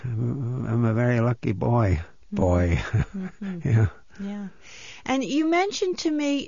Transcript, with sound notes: I'm a very lucky boy. Boy? ( he laughs ) Yeah.
And you mentioned to me,